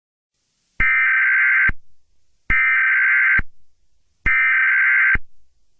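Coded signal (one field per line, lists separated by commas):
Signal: Emergency Alert System (SAME) tones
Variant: header bursts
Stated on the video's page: Fictional analog-horror EAS scenario, not a real alert.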